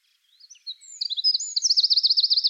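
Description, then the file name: Eurasian wren song starting softly, then swelling into a piercing, rapid trill of repeated high notes that is cut off. "Troglodytes troglodytes"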